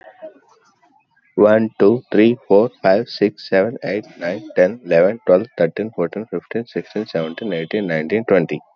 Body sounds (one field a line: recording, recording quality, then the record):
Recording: counting at a fast pace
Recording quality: moderate, slight background noise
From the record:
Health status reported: exposed to COVID-19, no respiratory illness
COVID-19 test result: negative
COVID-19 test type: RT-PCR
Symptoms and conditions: cold, loss of smell and taste, hypertension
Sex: male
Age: 39 years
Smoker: no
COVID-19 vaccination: both doses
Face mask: not worn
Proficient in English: yes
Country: India